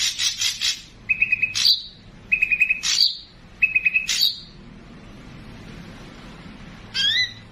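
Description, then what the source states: Streaked spiderhunter singing a few fast chattering notes, then three phrases spaced about a second apart, each a level trill ending in a sharp descending high note, followed by a rising squeak. Lively, clear, long-running song used for training birds.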